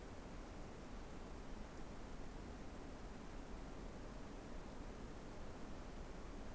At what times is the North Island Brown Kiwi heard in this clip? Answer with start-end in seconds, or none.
none